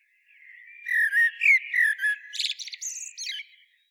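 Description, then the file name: Common blackbird song with a series of loud mellow fluted notes, then a scratchy high twittering. "Turdus merula"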